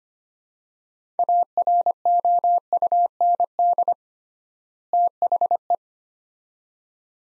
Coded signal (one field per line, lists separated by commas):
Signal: Morse code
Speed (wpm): 25 wpm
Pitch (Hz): 700 Hz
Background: none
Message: AROUND THE